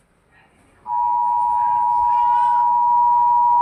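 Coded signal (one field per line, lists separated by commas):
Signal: Emergency Alert System (SAME) tones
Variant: 853 and 960 Hz attention tone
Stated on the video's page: Earthquake-version emergency alert tones for the Philippines.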